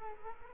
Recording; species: mosquito wingbeat signal from an infrared sensor; Culex quinquefasciatus